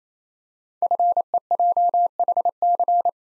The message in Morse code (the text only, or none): FEJHC